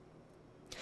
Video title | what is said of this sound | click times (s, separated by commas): Canon T3i DSLR Camera! -Review & Demo! | body and then twist it in and it locks into place | 0.7 s